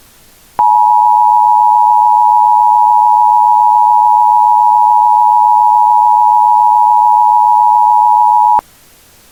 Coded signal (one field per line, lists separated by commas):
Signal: Emergency Alert System (SAME) tones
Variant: 853 and 960 Hz attention tone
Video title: EAS | Hazardous Materials Leak Forces Hours-Long Evacuations in Montana